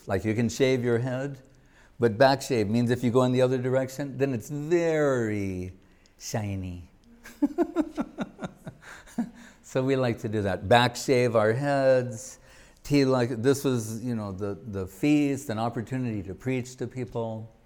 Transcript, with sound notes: Like you can shave your head, but back-shave – means if you’re going the other direction, then it’s very shiny. [laughing] So we liked to do that, back-shave our heads, tilak, this was you know, the feast and opportunity to preach to people.